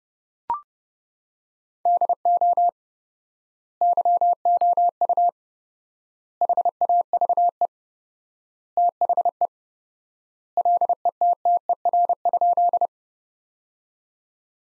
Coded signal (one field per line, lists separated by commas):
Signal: Morse code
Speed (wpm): 32 wpm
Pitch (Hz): 700 Hz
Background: none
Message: DO YOU HAVE THE LETTER?